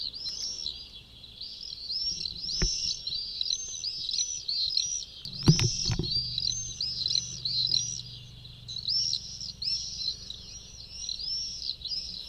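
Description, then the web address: Common swifts giving shrill, screaming calls in rapid repeated bursts, several birds overlapping, with brief low thuds around two and a half and six seconds. Recorded in a neighbourhood. "ecoute de mon quartier martinet noir"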